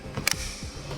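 The included torque-limiting tool tightens a Yakima RidgeLine roof rack tower clamp onto the flush rail of a 2018 Mazda CX-5. After a faint tick at 0.2 s, a sharp, bright click at 0.3 s shows the tool reaching its torque setting. The tower is confirmed tightened to spec.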